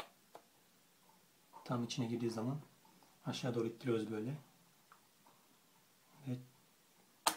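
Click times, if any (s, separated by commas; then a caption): 7.3 s. A DDR4 SO-DIMM memory module is inserted at an angle into the memory slot of an MSI GL62M 7RD laptop and pushed down until its side clips lock. Someone talks, then a sharp snap is heard at 7.3 s as the module seats into place.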